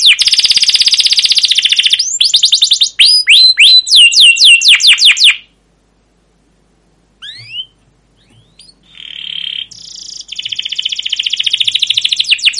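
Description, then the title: Canary song, rapid rolling trills and slurred whistles, a brief silence, then a few upswept notes leading into a steady buzzy trill. Canary song used as a lure and master recording for training young canaries to learn sounds; long rolling 'cuit cuit' chirping described as persistent and emotive. "PANCINGAN Kenari GACOR PANJANG Cuit CUIT EMOSI utk MASTERAN Kenari PAUD belajar BUNYI"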